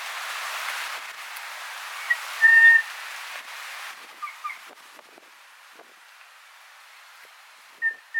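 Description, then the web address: Kokako giving a single steady, pure whistled note held for about a third of a second, followed by a few faint short notes and another whistle at the end. "sound kōkako"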